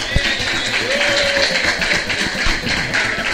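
A crowd applauds steadily for a few seconds, a dense, even patter of many hands clapping with a few sharper individual claps standing out.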